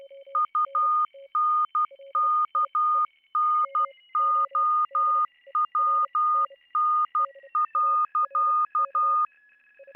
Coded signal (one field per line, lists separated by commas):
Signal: Morse code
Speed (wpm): 12 wpm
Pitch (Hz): 1220 Hz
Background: none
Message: UNKNOWN.